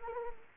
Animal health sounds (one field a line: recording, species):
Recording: mosquito wingbeat signal from an infrared sensor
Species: Anopheles arabiensis